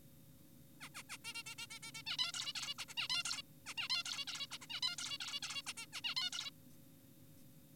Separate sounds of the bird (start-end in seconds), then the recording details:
0.81-0.89, 0.95-1.03, 1.10-1.17, 1.25-1.34, 1.35-1.43, 1.46-1.55, 1.58-1.67, 1.71-1.79, 1.83-1.92, 1.95-2.02, 2.06-2.17, 2.19-2.32, 2.34-2.53, 2.56-2.74, 2.79-2.85, 2.89-2.94, 2.97-3.08, 3.10-3.23, 3.25-3.42, 3.66-3.74, 3.78-3.88, 3.90-4.03, 4.06-4.25, 4.28-4.46, 4.52-4.58, 4.62-4.67, 4.70-4.80, 4.83-4.96, 4.98-5.18, 5.20-5.40, 5.43-5.62, 5.67-5.73, 5.77-5.86, 5.93-6.01, 6.04-6.15, 6.17-6.30, 6.33-6.50. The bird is an adult. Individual g4p5U